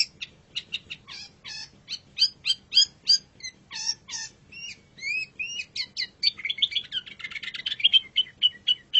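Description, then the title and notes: Long-tailed shrike delivering a busy run of chirps, upward-slurred whistles and scratchy notes, speeding into a dense chattering burst toward the end. Champion (juara) bird singing (kicauan). "Kicau Burung Cendet Juara. Audio Kicauan Burung Cendet Juara"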